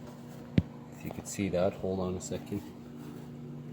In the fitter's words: and then to tighten it back up, all you do is you just tighten it until it pops into place.